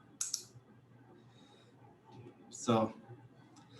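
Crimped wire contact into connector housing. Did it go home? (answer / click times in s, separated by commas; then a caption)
yes / 0.2 s. A crimped wire contact is slid into a plastic connector housing and locks with a sharp click at 0.2 s, followed by a second smaller click. The click shows the crimp is properly seated inside the connector, and afterward someone talks.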